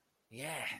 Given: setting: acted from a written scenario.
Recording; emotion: vocal sound without words; pride